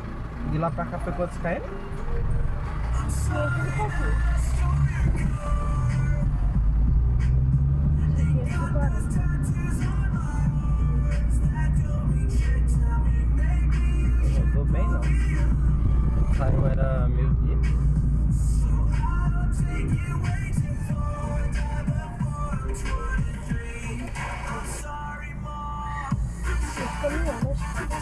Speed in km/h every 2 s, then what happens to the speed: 0, 9, 18, 28, 37, 38, 38, 38, 37, 33, 22, 8, 0, 0.
0-10 pulls away to 38. 10-17 steady at about 38. 17-24 brakes to 0. 24-28 standing.